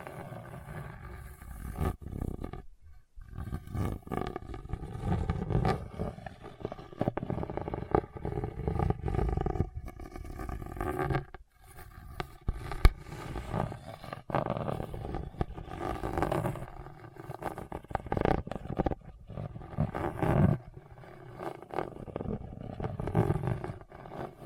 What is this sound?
Hard and Bumpy Surface Scratching